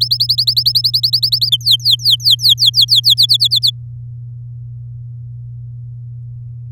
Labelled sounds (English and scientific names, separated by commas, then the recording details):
Domestic Canary (Serinus canaria) song
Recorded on 10 May 2018 at 15:05
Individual llb16